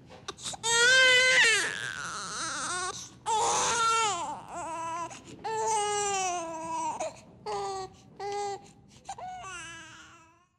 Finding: Baby Crying.